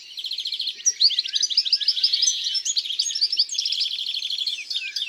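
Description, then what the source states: European greenfinch song: a fast trill, then a long jumble of bright chirps and twitters, with another rattling trill near the end. In the countryside.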